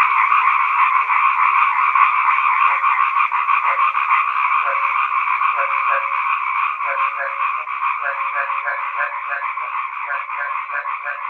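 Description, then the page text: Chinese edible frogs calling together in a continuous croaking din, with deeper paired pulses becoming more frequent toward the end. "虎皮蛙叫声 风潮唱片"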